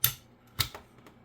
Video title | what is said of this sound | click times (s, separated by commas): AR-15 field strip. | push until you hear a click | 0.0 s